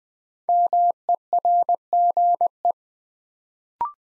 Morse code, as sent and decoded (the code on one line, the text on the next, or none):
-- . .-. --. .
MERGE